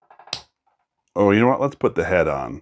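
A 3D-printed plastic toy arm is pushed onto a connector peg of a printed doll body. A couple of faint taps come first, then a sharp snap at 0.3 s as the arm seats onto the connector. Someone then talks.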